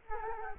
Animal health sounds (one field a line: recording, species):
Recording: mosquito wingbeat signal from an infrared sensor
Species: Culex quinquefasciatus